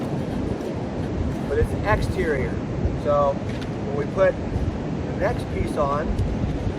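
A piece of corrugated pipe is being handled next to a plastic 4-inch exterior snap coupling made by ADS, ready to be pushed in as the next piece. Someone talks over steady broadband wind-like noise outdoors. Nothing has seated or clicked yet.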